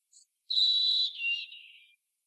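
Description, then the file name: European robin: songbird giving a tiny high chip, then a long, steady, thin whistle that drops in steps and fades away. "Erithacus rubecula"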